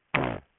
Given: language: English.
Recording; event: throat vibration sensor signal played as sound; throat clearing